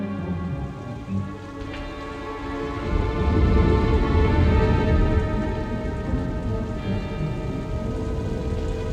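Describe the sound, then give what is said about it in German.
Steady, hissing rain falls throughout, while a deep rumble of thunder swells up after the first couple of seconds and slowly fades back into the downpour. “Es regnet.”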